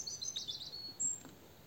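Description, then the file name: European robin delivering a rapid, high-pitched warbled phrase of thin twittering notes, then a brief squeaky note, against faint low background noise. "Erithacus rubecula"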